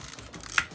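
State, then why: Seated. The plastic top cover of an Arrma Mojave RC truck's gear housing is pushed down over its side rails onto the caps. Faint ticks come at about 0.2 s and 0.5 s, then a sharp, bright snap at 0.6 s. The cover seats fully, which keeps the gears from being stripped.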